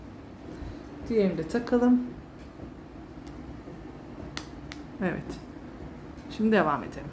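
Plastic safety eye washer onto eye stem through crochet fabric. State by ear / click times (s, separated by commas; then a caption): seated / 4.4 s, 4.7 s. A plastic backing washer is pushed onto the stem of a crochet toy's safety eye through the yarn fabric while someone talks. Two sharp, short clicks at 4.4 s and 4.7 s show the washer seating on the stem.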